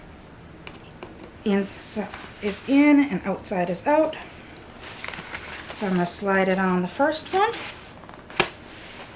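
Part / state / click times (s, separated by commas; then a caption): stroller seat plastic piece onto frame prong / seated / 8.4 s. While someone talks, a plastic piece of a Baby Jogger City Select stroller seat, being put back together after washing, is slid onto the first of two small frame prongs, inside part in and outside part out, with light handling rustles along the way. At 8.4 s a sharp little click is heard as the piece seats into place on the prong.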